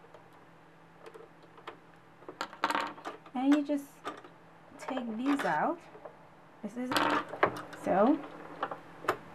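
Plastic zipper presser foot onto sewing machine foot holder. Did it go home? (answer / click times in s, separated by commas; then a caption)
yes / 9.1 s. A plastic zipper presser foot is pressed onto its metal foot holder on a sewing machine while the machine feet are being swapped, with someone talking and small taps and clicks of handling throughout. The foot snaps into place with a sharp click at 9.1 s and is seated.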